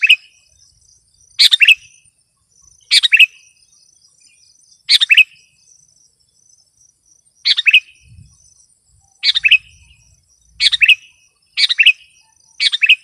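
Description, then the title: Sooty-headed bulbul uttering short chirping bursts at uneven intervals, with faint steady high tones underneath. "kutilang"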